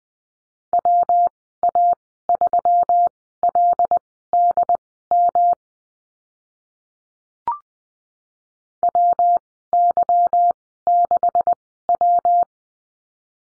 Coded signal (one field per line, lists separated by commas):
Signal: Morse code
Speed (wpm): 20 wpm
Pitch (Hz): 700 Hz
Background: none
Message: WA3LDM WY6W